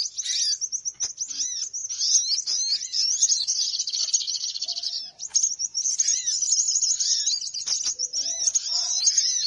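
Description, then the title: Birds chirping in a dense, rapid high chatter, with looping twitters and a few lower whistles near the end. Lure sound played to attract birds; title says many noisy birds gather close as soon as it is played. "Suara Pikat Burung Ribut"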